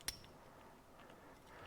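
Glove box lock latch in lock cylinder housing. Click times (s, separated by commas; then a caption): 0.1 s. A new glove box lock cylinder for a Chevelle is turned to the locked position, and the metal latch in the lock cylinder housing comes up with a single sharp, bright click at 0.1 s, followed by a faint tick and low background noise. The latch clicks into place and the glove box lock is locked.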